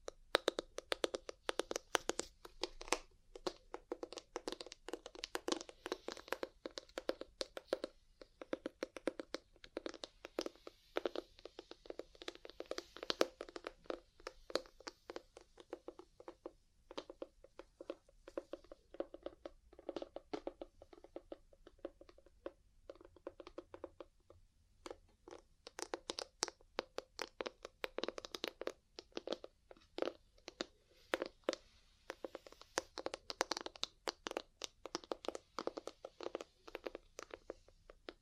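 Ear cleaning and massage sounds made of dense, rapid crackling and tapping that runs almost without pause for the whole clip. The clicks are sharp and bright, thinning briefly around the midpoint before growing busy again toward the end. Occasional soft rubbing fills the gaps.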